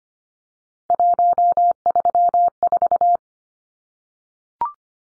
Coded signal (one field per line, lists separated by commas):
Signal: Morse code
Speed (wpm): 25 wpm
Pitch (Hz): 700 Hz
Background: none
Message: 134